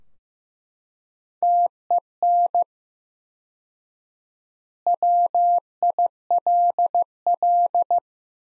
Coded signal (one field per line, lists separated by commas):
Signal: Morse code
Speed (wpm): 15 wpm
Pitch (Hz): 700 Hz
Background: none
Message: TEN WILL